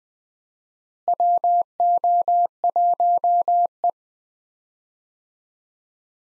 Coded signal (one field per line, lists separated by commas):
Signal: Morse code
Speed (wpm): 20 wpm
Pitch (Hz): 700 Hz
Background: none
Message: WO1E